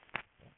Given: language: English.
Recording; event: throat vibration sensor signal played as sound; swallow